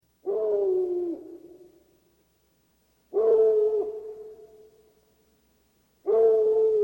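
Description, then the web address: Dog howling: three drawn-out, mournful harmonic cries, each starting strongly, the first two trailing off and the last cut short, spaced about three seconds apart. "Halloween Haunted House. Dogs"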